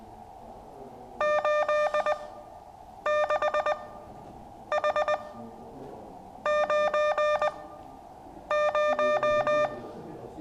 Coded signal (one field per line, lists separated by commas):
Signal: Morse code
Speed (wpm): 20 wpm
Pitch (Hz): 600 Hz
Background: music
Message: 86H90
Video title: ZS6TJ CW Morse Code practice Class session three.